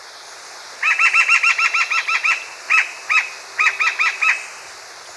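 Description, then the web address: Northern mountain cacique calling in quick runs of clear, ringing notes with a lower overtone: a long run, two single notes, then a shorter run, separated by short pauses. Recorded in Ecuador. "Birds of Ecuador. Northern Mountain-Cacique"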